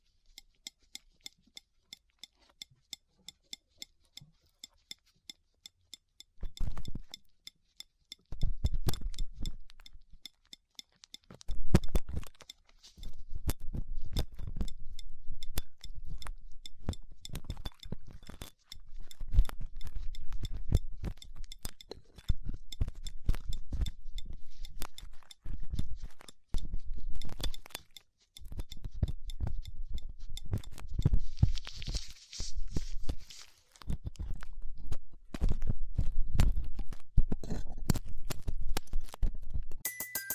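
Ear cleaning with latex gloves, a dental pick and cotton swabs. A sparse series of light, regular ticks opens the first six seconds, then dense scratchy rustling and crackling sets in and runs almost continuously, broken by brief pauses. A bright hiss swells around 31 seconds.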